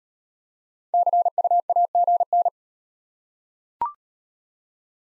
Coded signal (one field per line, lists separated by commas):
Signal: Morse code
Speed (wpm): 37 wpm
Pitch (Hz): 700 Hz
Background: none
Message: CU AGN